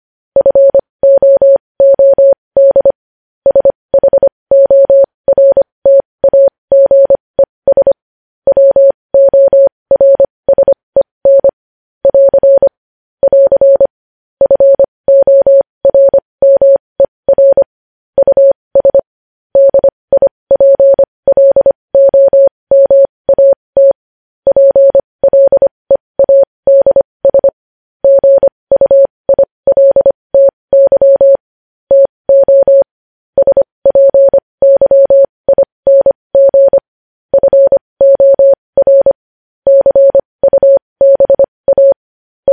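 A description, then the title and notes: Morse code is sent as a single steady, pure tone of middle pitch, keyed on and off in short dots and longer dashes. The rhythm is brisk and even, with brief pauses between letters, continuing without a break for the whole length. Nothing else is heard. Morse code.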